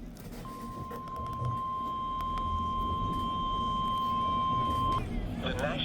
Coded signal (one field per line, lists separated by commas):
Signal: Emergency Alert System (SAME) tones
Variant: 1050 Hz attention tone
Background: speech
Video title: Special Marine Warning 1/5 (8/28/24) (New EAS 624)